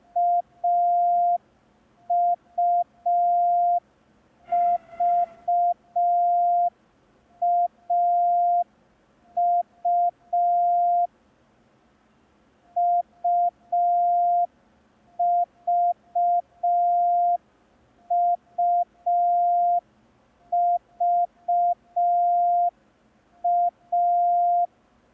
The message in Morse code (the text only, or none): AUVAU UVUVA